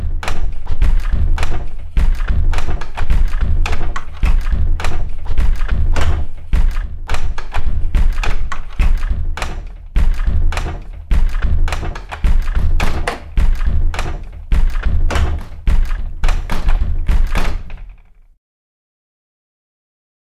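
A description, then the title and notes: Light wooden doors are knocked or bumped in a fast, busy series of hollow thuds and taps, roughly several per second, each with a deep low thump and a brief bright click. The knocking continues steadily, then stops abruptly near eighteen seconds, leaving silence. Light wooden doors. Seven different, yet similar doors. All made of spruce wood, rather lightweight design.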